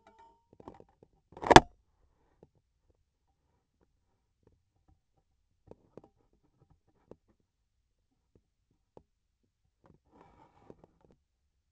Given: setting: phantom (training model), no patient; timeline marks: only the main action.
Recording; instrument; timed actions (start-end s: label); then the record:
laparoscopic instrument, vibration sensor on the handle end; scissors
1.24-1.80 s: cutting thread
From the record:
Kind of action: gesture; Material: cotton thread